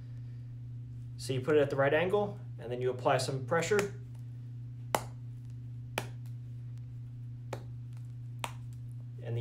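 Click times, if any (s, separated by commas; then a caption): 5.0 s, 8.4 s. A plastic butterfly lock is set at an angle into the plastic wall panel and top piece of a chicken cage, then pressed until it seats with a sharp snap at 4.9 s and again at 8.4 s. Someone talks over a steady low hum, and a few more short clicks follow.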